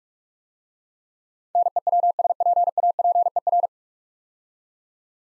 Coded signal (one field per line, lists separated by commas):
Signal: Morse code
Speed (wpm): 44 wpm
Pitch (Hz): 700 Hz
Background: none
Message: NEWSPAPER